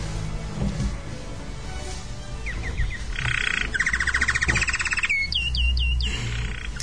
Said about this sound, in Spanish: Y con los árboles vienen los pajaritos.